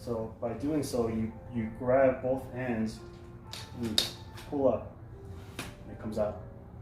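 Someone talks while both ends of the extendable handlebar on a Nuna Tavo stroller frame are grabbed and pulled up to extend it, with a brief sharp sound near 5.6 s. The handlebar has not locked into place yet; nothing has seated or clicked.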